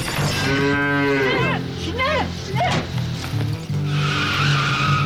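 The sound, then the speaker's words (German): A cow lets out a long, loud moo with rich harmonic tones, followed by shorter wavering lowing calls, against a steady low rumble that swells again at the end. “Ja zum Vitamin heißt für uns auch Ja zur Kuh.”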